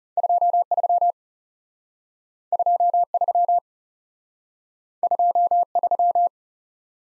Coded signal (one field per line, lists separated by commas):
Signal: Morse code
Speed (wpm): 40 wpm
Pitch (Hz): 700 Hz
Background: none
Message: 2 3 2 3 2 3